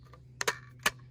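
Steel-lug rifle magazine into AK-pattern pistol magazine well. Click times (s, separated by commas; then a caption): 0.4 s, 0.9 s. A steel-lugged rifle magazine with a reinforced front lug, originally supplied with a Sam 5-62 rifle and tight at the rear lug, is rocked into the magazine well of a Zastava ZPAP M85 AK-pattern pistol. Sharp clicks are heard at 0.4 s and 0.9 s as it goes in. There is no clear positive click, but the magazine locks in and sits solid.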